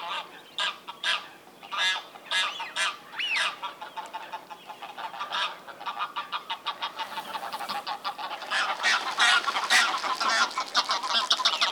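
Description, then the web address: Goose flock calling, many nasal honks and cackles overlapping in rapid succession, growing busier and denser toward the end. "Greylag"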